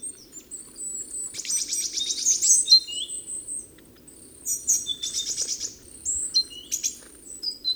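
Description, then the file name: Great tit churring calls: harsh buzzy bursts among many high thin chirps and whistled notes. "Parus major"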